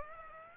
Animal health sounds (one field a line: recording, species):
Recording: mosquito wingbeat signal from an infrared sensor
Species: Aedes aegypti